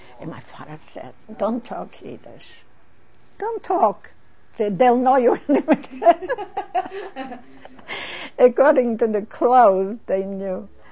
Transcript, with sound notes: And my father said, "Don't talk Yiddish. Don't talk. They'll know you're an immigrant." (They laugh.) According to the clothes they knew.